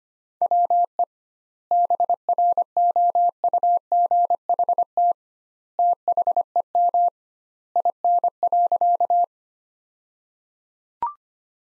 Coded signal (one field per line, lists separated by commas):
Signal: Morse code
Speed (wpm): 25 wpm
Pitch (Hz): 700 Hz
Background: none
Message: WE BROUGHT THEM IN.